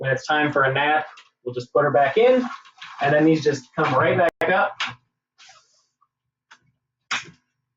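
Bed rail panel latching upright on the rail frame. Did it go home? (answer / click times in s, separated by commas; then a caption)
yes / 7.1 s. Someone talks, then a hinged panel on a Magic Fox bed rail is raised back up after a few faint soft sounds. At 7.1 s it locks upright on the rail frame with one sharp snap, seating into place.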